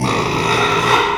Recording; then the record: squeal of a Yucatan mini pig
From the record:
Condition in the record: after surgery on the right vocal fold (resection and tissue-engineered implant); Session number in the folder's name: 1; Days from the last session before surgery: 6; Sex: male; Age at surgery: 12 weeks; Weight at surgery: 13 kg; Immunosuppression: cyclosporine, prednisolone